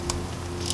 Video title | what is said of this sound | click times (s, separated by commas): DIY FIAT 124: Installing MAXPower ECM by MADNESS | There we go. You hear it click. | 0.1 s